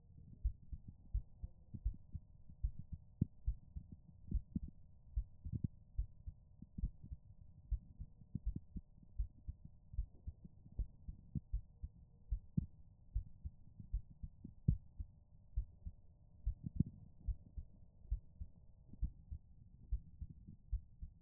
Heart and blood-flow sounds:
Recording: heart sounds by stethoscope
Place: pulmonary valve (PV)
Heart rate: 72 bpm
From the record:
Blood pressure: 139/78 mmHg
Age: 28 years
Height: 155 cm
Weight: 54 kg

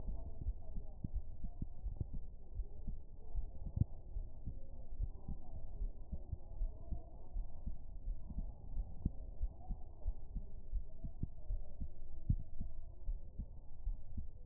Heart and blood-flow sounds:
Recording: heart sounds by stethoscope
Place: pulmonary valve (PV)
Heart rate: 76 bpm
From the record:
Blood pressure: 110/66 mmHg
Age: 22 years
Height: 167 cm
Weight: 51 kg

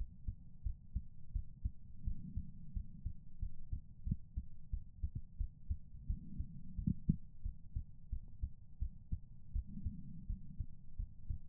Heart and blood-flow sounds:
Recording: heart sounds by stethoscope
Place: pulmonary valve (PV)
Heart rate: 87 bpm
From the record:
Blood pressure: 124/78 mmHg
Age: 33 years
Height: 170 cm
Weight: 82 kg

